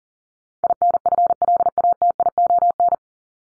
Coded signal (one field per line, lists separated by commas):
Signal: Morse code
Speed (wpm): 40 wpm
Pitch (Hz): 700 Hz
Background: none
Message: INFLATION